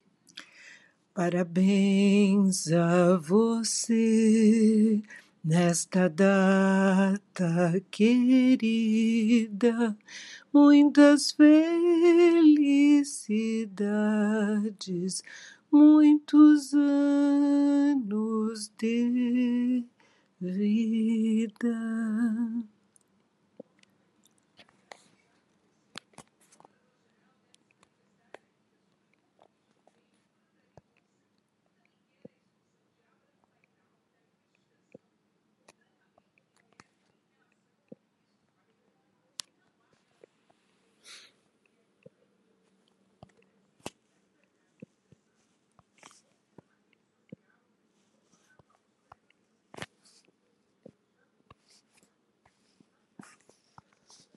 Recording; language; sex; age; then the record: short text; Brazilian Portuguese; female; 60 to 69 years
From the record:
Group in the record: control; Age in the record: 66 years